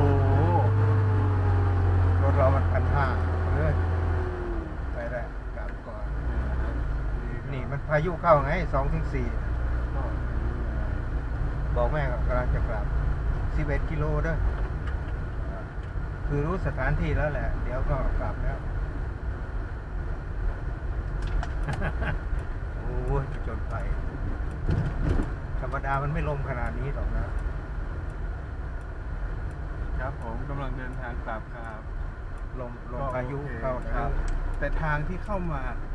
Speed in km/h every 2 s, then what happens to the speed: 7, 10, 14, 15, 19, 21, 24, 26, 27, 27, 27, 26, 26, 25, 26, 24, 23, 24.
0-16 speeds up to 27. 16-36 steady at about 26.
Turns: none.